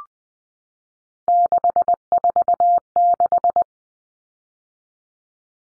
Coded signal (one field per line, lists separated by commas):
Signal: Morse code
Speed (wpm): 20 wpm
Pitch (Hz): 700 Hz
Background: none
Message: 646